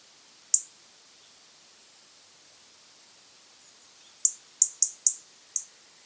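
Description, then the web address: European robin producing a single sharp tick, then after a silent stretch a hurried series of five high, clicking ticks; faint hiss behind. "SETE Erithacus rubecula"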